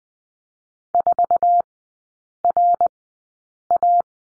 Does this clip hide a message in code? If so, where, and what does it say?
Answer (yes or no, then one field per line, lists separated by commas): yes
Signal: Morse code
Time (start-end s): 0.9-4.0 s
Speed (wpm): 20 wpm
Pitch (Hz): 700 Hz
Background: none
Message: 4RA